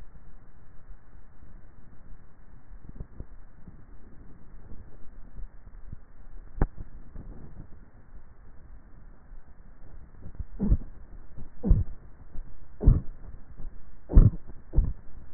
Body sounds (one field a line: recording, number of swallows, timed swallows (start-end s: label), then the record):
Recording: swallowing sounds by neck microphone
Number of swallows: 2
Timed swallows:
4.68-5.45 s: swallow
5.85-6.85 s: swallow
From the record:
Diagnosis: dysphagia